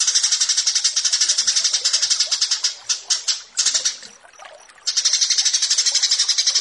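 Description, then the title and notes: Australasian bushlark song: fast, harsh trilling of high notes, several stuttering bursts, then a short quiet gap before steady chatter resumes. Branjangan song on a bird-keeping tutoring (masteran) recording, titled branjangan versus burger. "Branjangan VS BURGER Masteran Mewah 1. burung BRANJANGAN"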